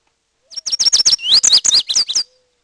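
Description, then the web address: Bird song: a fast phrase of about a dozen high, sharp slurred whistles, some rising and some falling, lasting under two seconds, with silence before and after. "Peterson North American Birds. labu"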